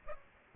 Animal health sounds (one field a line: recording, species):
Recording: mosquito wingbeat signal from an infrared sensor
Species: Aedes aegypti